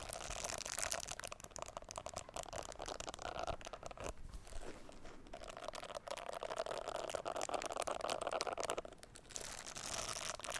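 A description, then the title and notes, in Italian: Bristles of brushes scrape and rasp in a dense, continuous scratching, with a gritty, crackly texture and bright hiss on top. Strokes come in rapid bursts, easing briefly around four seconds and again near nine seconds. Suoni delle spazzole asmr. In queste puntata ti faccio ascoltare i suoni di diverse spazzole e setole.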